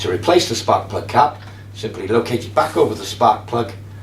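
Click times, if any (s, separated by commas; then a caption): none. A rubber spark plug cap is being placed back over the spark plug of a Hyundai HYM460SP self-propelled petrol lawn mower engine while someone talks. Only speech is heard over a low steady hum, and nothing has seated or clicked yet.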